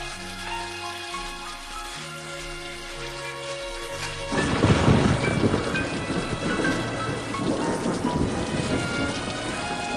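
rain with thunder

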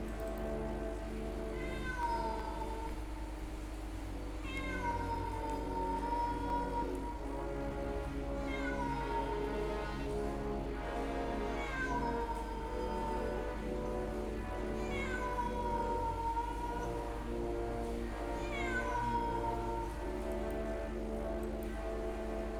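eerie cat meowing

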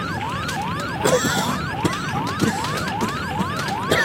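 smoke detector alarm

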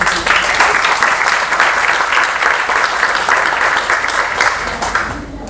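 audience applause

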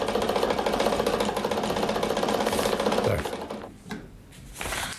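sewing machine running

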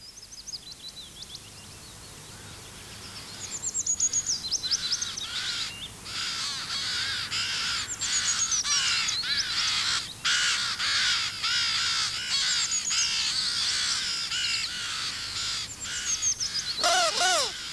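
ravens cawing

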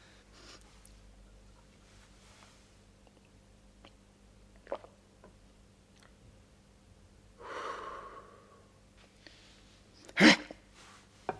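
hiccups

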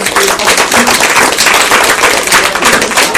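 applause

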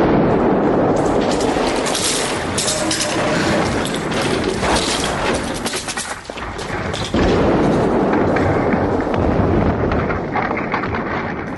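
bomb explosion

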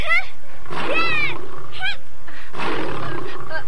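tiger roaring

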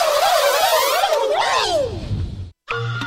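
turkey gobbling

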